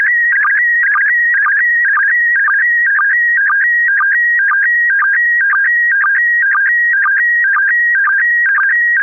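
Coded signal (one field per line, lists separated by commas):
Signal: SSTV (slow-scan television)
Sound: steady warbling tone switching between two pitches, with a short low blip about twice a second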